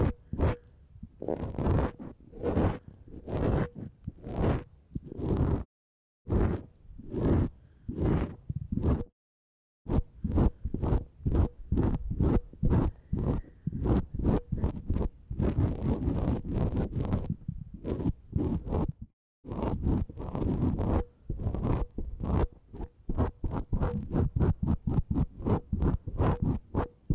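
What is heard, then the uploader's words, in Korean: A tip brush swishes across the microphone in quick repeated strokes, dense soft scratchy sweeps with a few brief silent gaps throughout. 마이크를 팁브러시로 슥슥 ASMR (feat. 라텍스장갑, no talking).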